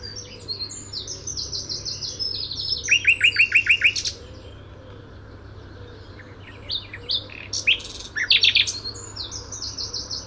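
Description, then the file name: Common nightingale song: a quick run of repeated sharp notes, then a burst of varied chattering phrases, over a low steady hum. "Luscinia megarhynchos"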